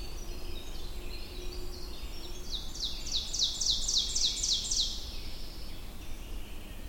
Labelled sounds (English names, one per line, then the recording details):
Ovenbird song
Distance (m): 30 m
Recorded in boreal forest in Alberta, Canada, on 22 June 2016 at 05:35
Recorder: SongMeter 3, array SBT-6-76
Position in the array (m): 150 m, 110 m
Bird 3